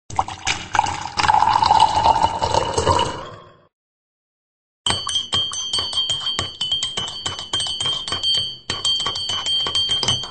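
Coffee is poured steadily into a cup for about three seconds, its gurgling pitch rising as it fills; after a short silence comes a sustained bright, ringing metallic jingle.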